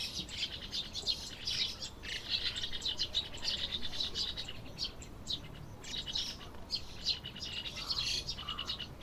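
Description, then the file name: White-cheeked starling chattering calls, a dense, continuous stream of harsh high chirps and squeaks overlapping throughout. "mukudori"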